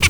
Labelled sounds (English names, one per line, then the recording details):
Zebra Finch tet call
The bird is a female
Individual fem5